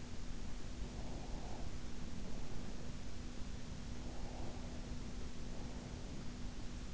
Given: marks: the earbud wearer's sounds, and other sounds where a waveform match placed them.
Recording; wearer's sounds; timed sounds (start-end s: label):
sounds in sleep by an in-ear microphone; breath
0.78-3.05 s: breath
3.83-6.40 s: breath